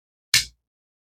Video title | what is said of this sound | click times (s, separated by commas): Unboxing and first impressions on the Remette Woodpecker | when it locks in place. I thought like that. That snap is very reassuring. | 0.3 s